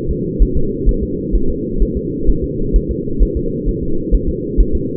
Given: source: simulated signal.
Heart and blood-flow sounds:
fetal heart sounds
0.11 s: S2
0.42 s: S1
0.57 s: S2
0.89 s: S1
1.03 s: S2
1.35 s: S1
1.50 s: S2
1.82 s: S1
1.97 s: S2
2.29 s: S1
2.44 s: S2
2.76 s: S1
2.91 s: S2
3.23 s: S1
3.37 s: S2
3.69 s: S1
3.83 s: S2
4.15 s: S1
4.29 s: S2
4.60 s: S1
4.75 s: S2
From the record:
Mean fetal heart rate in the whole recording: 130 bpm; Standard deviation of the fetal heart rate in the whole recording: 2 bpm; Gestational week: 36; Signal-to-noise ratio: -8.1 dB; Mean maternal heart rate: 72 bpm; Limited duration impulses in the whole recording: absent

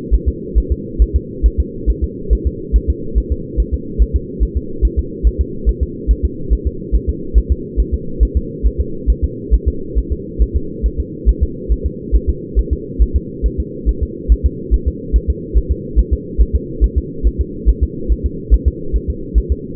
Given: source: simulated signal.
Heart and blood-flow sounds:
fetal heart sounds
0.14 s: S1
0.28 s: S2
0.58 s: S1
0.72 s: S2
1.02 s: S1
1.16 s: S2
1.46 s: S1
1.60 s: S2
1.90 s: S1
2.04 s: S2
2.33 s: S1
2.47 s: S2
2.76 s: S1
2.90 s: S2
3.18 s: S1
3.32 s: S2
3.60 s: S1
3.74 s: S2
4.02 s: S1
4.16 s: S2
4.43 s: S1
4.57 s: S2
4.85 s: S1
4.99 s: S2
5.27 s: S1
5.41 s: S2
5.69 s: S1
5.83 s: S2
6.11 s: S1
6.25 s: S2
6.53 s: S1
6.67 s: S2
6.95 s: S1
7.09 s: S2
7.38 s: S1
7.52 s: S2
7.80 s: S1
7.94 s: S2
8.23 s: S1
8.37 s: S2
8.66 s: S1
8.80 s: S2
9.10 s: S1
9.24 s: S2
9.54 s: S1
9.68 s: S2
9.98 s: S1
10.12 s: S2
10.42 s: S1
10.56 s: S2
10.86 s: S1
11.00 s: S2
11.29 s: S1
11.43 s: S2
11.72 s: S1
11.86 s: S2
12.15 s: S1
12.29 s: S2
12.59 s: S1
12.73 s: S2
13.02 s: S1
13.16 s: S2
13.46 s: S1
13.60 s: S2
13.89 s: S1
14.03 s: S2
14.32 s: S1
14.46 s: S2
14.74 s: S1
14.88 s: S2
15.16 s: S1
15.30 s: S2
15.57 s: S1
15.71 s: S2
15.99 s: S1
16.13 s: S2
16.41 s: S1
16.55 s: S2
16.84 s: S1
16.98 s: S2
17.27 s: S1
17.41 s: S2
17.69 s: S1
17.83 s: S2
18.12 s: S1
18.26 s: S2
18.54 s: S1
18.68 s: S2
18.96 s: S1
19.10 s: S2
19.38 s: S1
19.52 s: S2
From the record:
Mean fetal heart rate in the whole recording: 140 bpm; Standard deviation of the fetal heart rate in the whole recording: 2 bpm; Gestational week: 34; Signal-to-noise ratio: -4.3 dB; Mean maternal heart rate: 72 bpm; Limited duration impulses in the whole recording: absent

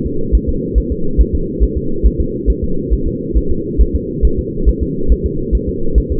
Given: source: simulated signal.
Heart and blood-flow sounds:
fetal heart sounds
0.06 s: S2
0.35 s: S1
0.49 s: S2
0.78 s: S1
0.92 s: S2
1.21 s: S1
1.35 s: S2
1.63 s: S1
1.77 s: S2
2.06 s: S1
2.20 s: S2
2.50 s: S1
2.64 s: S2
2.94 s: S1
3.08 s: S2
3.37 s: S1
3.51 s: S2
3.81 s: S1
3.95 s: S2
4.25 s: S1
4.39 s: S2
4.69 s: S1
4.83 s: S2
5.12 s: S1
5.26 s: S2
5.55 s: S1
5.69 s: S2
5.98 s: S1
6.12 s: S2
From the record:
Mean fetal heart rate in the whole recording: 140 bpm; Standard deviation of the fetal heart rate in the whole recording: 2 bpm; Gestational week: 34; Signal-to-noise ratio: -8.1 dB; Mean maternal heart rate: 72 bpm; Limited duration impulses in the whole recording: absent

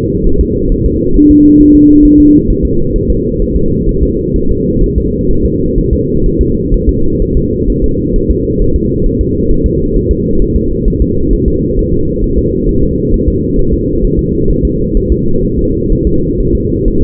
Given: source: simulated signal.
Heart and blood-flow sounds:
fetal heart sounds
0.27 s: S1
0.41 s: S2
0.72 s: S1
0.86 s: S2
1.16 s: S1
1.31 s: S2
1.61 s: S1
1.75 s: S2
2.05 s: S1
2.20 s: S2
2.50 s: S1
2.65 s: S2
2.96 s: S1
3.10 s: S2
3.42 s: S1
3.56 s: S2
3.89 s: S1
4.03 s: S2
4.36 s: S1
4.51 s: S2
4.83 s: S1
4.98 s: S2
5.31 s: S1
5.45 s: S2
5.78 s: S1
5.93 s: S2
6.26 s: S1
6.41 s: S2
6.74 s: S1
6.89 s: S2
7.22 s: S1
7.37 s: S2
7.70 s: S1
7.84 s: S2
8.16 s: S1
8.30 s: S2
8.62 s: S1
8.76 s: S2
9.06 s: S1
9.21 s: S2
9.51 s: S1
9.66 s: S2
9.96 s: S1
10.11 s: S2
10.42 s: S1
10.56 s: S2
10.88 s: S1
11.02 s: S2
11.33 s: S1
11.48 s: S2
11.79 s: S1
11.93 s: S2
12.24 s: S1
12.39 s: S2
12.69 s: S1
12.83 s: S2
13.14 s: S1
13.28 s: S2
13.59 s: S1
13.73 s: S2
14.04 s: S1
14.19 s: S2
14.50 s: S1
14.65 s: S2
14.97 s: S1
15.12 s: S2
15.45 s: S1
15.59 s: S2
15.92 s: S1
16.07 s: S2
16.40 s: S1
16.55 s: S2
16.88 s: S1
17.03 s: S2
From the record:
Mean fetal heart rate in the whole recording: 130 bpm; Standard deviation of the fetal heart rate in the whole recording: 4 bpm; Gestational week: 38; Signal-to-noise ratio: -16.4 dB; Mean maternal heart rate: 72 bpm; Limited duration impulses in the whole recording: present

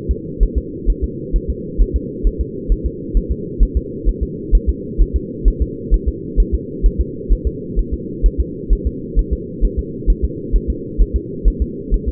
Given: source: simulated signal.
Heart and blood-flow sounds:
fetal heart sounds
0.11 s: S2
0.43 s: S1
0.58 s: S2
0.90 s: S1
1.04 s: S2
1.36 s: S1
1.50 s: S2
1.82 s: S1
1.96 s: S2
2.27 s: S1
2.41 s: S2
2.72 s: S1
2.86 s: S2
3.17 s: S1
3.32 s: S2
3.63 s: S1
3.77 s: S2
4.09 s: S1
4.23 s: S2
4.55 s: S1
4.69 s: S2
5.01 s: S1
5.16 s: S2
5.48 s: S1
5.62 s: S2
5.94 s: S1
6.09 s: S2
6.40 s: S1
6.54 s: S2
6.86 s: S1
7.01 s: S2
7.33 s: S1
7.47 s: S2
7.79 s: S1
7.94 s: S2
8.26 s: S1
8.41 s: S2
8.73 s: S1
8.87 s: S2
9.19 s: S1
9.33 s: S2
9.65 s: S1
9.79 s: S2
10.10 s: S1
10.25 s: S2
10.56 s: S1
10.70 s: S2
11.01 s: S1
11.16 s: S2
11.48 s: S1
11.62 s: S2
11.94 s: S1
12.09 s: S2
From the record:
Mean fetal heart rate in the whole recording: 130 bpm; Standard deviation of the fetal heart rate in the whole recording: 2 bpm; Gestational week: 36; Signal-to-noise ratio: -4.1 dB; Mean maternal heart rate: no maternal heart sound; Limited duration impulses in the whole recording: absent

